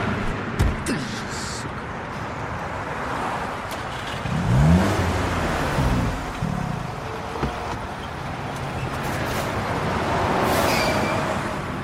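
A car engine turns over with effort, then catches and revs up and down in a few rising and falling surges, set against a steady wash of rumbling background noise.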